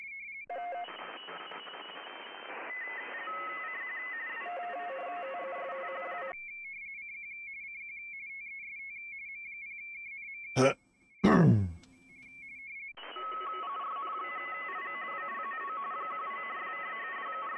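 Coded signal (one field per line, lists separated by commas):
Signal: RTTY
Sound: warbling two-tone teletype chirp, partly buried under loud hiss, with two sharp noise bursts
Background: radio static and noise bursts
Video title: CQ WW RTTY Contest Livestream 28/09/24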